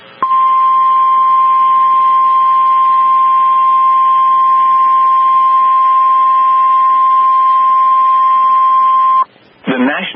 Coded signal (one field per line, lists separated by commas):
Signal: Emergency Alert System (SAME) tones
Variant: 1050 Hz attention tone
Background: speech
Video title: Severe Thunderstorm Warning (Monroe County, TN) (8/17/24) [EAS #9]